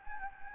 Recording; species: mosquito wingbeat signal from an infrared sensor; Anopheles gambiae